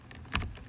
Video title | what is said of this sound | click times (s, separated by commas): Lincoln MKZ Side Mirror Replacement - No Door Removal Needed! Easy DIY Fix (2010) | Push that bad boy until it clicks, give it a tug, make sure it's not going nowhere. | 0.4 s